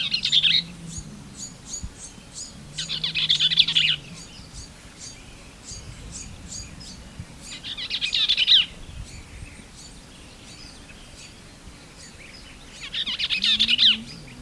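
Bell's vireo repeating four rapid scratchy chatter phrases every few seconds, with faint high ticking notes between them and a low droning hum underneath.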